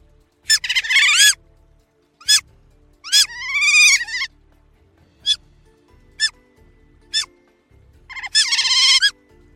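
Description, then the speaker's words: Eurasian otter calls: wavering high squeals and whistles in several bursts, mixed with short sharp chirps at irregular intervals. Small, very charming cry. "La loutre possède un petit cri qui est très charmant"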